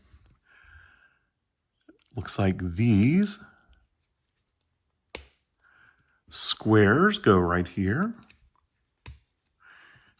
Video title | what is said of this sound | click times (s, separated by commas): ZURU MAX SNACKS OPENING AND REVIEW! BUILDABLE FOOD?! | get that nice little click though like I said like it's | 9.1 s